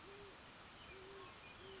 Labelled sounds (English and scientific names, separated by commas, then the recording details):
Great Horned Owl (Bubo virginianus)
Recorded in Sonoma County, California